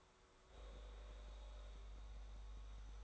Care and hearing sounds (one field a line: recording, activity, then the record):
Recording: daily activity, microphone in the room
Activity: make coffee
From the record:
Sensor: 3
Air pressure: 1014.7 hPa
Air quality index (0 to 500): 188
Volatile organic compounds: 20 ppm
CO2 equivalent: 2684 ppm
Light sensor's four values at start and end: 5/12/4/4 and 5/12/4/4